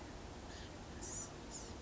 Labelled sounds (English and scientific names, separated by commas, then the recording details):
Blue-gray Gnatcatcher (Polioptila caerulea)
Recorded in Sonoma County, California